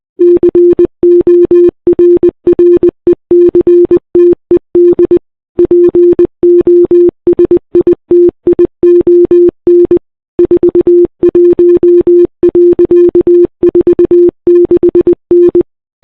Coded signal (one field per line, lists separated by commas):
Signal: Morse code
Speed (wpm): 19 wpm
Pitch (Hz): 340 Hz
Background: none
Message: CORRECTED POSITION 41.46N